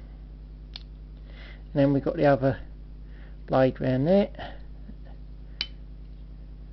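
Someone talks as the second blade of a steel Leatherman Wave multi-tool is swung open. At 5.6 s the folding blade snaps into the handle lock with a sharp click, and it is locked open.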